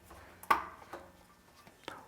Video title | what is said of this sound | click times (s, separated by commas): How to Change a Spark Plug on Generac Generator | and that means it is clicked onto the new spark plug | 0.5 s